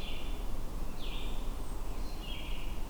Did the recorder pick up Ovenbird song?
no